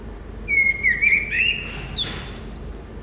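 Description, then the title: Common blackbird song: a rich flowing whistled warble, capped by a high thin squeaky twitter. Recorded at Résidence Sainte-Gertrude in the Marolles, Brussels, Belgium, with a Sony PCM-M10 and Luhd PM-01 binaural microphones. "Marolles, 1000 Bruxelles, Belgique - Résidence Sainte-Gertrude - Merle - Blackbird"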